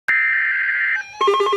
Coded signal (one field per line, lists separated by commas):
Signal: Emergency Alert System (SAME) tones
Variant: header bursts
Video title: Severe Thunderstorm Warning - EAS #467